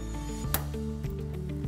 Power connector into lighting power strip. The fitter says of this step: once it's in position you'll hear a snap and the locked Arrow will line straight up and down with